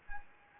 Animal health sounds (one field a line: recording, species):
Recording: mosquito wingbeat signal from an infrared sensor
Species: Anopheles gambiae